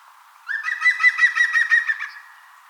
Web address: vogelstimmen nabu lars lachmann gesang-gruenspecht